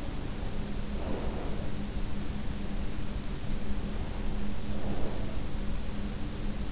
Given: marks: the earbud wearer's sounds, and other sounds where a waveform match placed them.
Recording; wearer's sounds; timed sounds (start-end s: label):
sounds in sleep by an in-ear microphone; breath
0.93-1.89 s: breath
4.56-5.52 s: breath